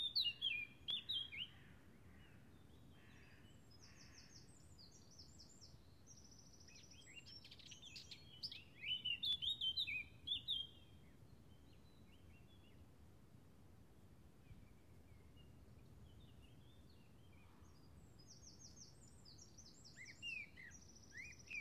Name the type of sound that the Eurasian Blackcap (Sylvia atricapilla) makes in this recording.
song